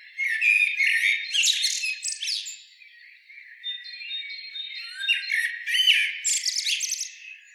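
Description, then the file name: Common blackbird song, bursts of squeaky high twittering, with a quieter pause in the middle before the chatter resumes. "Turdus merula"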